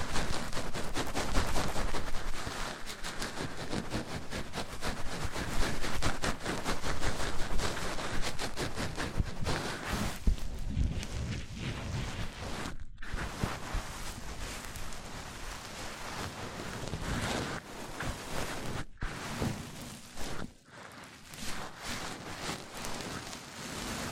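Microphone triggers made by rubbing and tapping on a mic: dense, crackling scratches and thumps run almost without pause for the whole stretch. Brief silent gaps break the texture near 13, 19 and 20 seconds before the rustling resumes.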